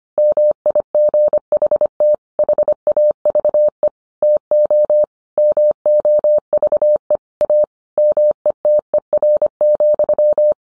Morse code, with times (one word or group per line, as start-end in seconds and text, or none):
0.2-2.1 MIGHT
2.4-3.9 HAVE
4.2-5.0 TO
5.4-7.2 MOVE
7.4-7.6 A
8.0-10.5 METER,